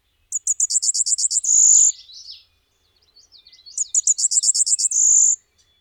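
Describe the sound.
Golden-winged warbler song: a quick series of high, thin notes ending in a long buzzy note, given twice.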